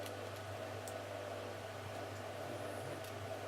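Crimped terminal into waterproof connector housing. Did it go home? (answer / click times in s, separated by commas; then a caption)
no / none. A crimped terminal is pushed into a waterproof connector housing for a motorcycle horn and does not click in, so it is to be tried the other way around. A steady broadband hum with a low drone fills the clip, with only a brief faint tick near 0.9 s. Nothing has seated or clicked yet.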